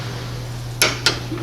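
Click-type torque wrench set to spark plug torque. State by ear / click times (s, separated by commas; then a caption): torque reached / 0.8 s, 1.1 s. A click-type torque wrench set to spark-plug torque is pulled until it breaks over at the setting, giving sharp metallic clicks at 0.8 s and 1.1 s. A steady low hum runs underneath throughout. The wrench reaches its torque setting and clicks as intended.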